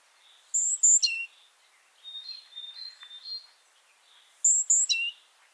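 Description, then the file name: Great tit call: a loud phrase of two very high notes dropping to a lower note, given twice about four seconds apart, with softer chirps between. "Parus major"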